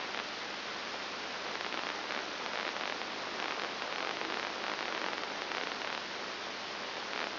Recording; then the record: brain microelectrode recording played as sound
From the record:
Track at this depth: inside the subthalamic nucleus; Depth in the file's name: 4.901 mm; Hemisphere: left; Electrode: 2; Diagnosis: Parkinson's disease